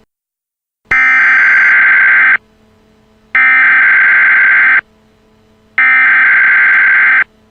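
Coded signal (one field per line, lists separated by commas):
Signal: Emergency Alert System (SAME) tones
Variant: header bursts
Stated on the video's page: Simulated EAS tones in a fictional creepypasta alert scenario.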